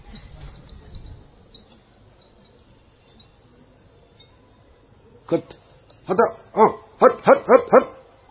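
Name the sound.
dog barking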